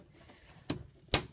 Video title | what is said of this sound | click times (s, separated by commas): 2011 - 2016 Toyota Sienna Replace Fuel Pump DIY, Fuel Module Disassembly, Fuel Pressure Regulator | snap and then give it a tug make sure that it's on there | 1.1 s